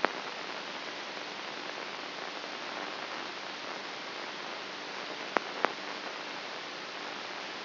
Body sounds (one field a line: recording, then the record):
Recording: brain microelectrode recording played as sound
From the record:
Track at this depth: inside the subthalamic nucleus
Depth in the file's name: 1.84 mm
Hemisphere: right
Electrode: 2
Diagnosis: Parkinson's disease